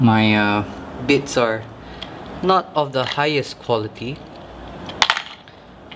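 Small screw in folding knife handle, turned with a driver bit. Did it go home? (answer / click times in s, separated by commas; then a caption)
no / 5.0 s. A small screw in the handle of a Spyderco Dragonfly 2 folding knife is turned with a low-quality driver bit while someone talks. A sharp metallic slip rings out at 5.0 s, followed by a few fainter ticks, as the screw head strips under the driver.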